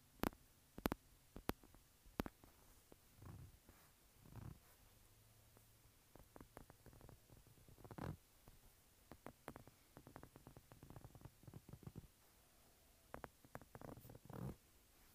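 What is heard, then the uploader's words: Fingers tap and scratch on a textured phone case. Sharp clicks arrive in irregular bursts, denser around the eighth to eleventh seconds, mixed with soft rubbing scrapes and a low, faint hum underneath. Tapping and Scratching Textured Phone Case.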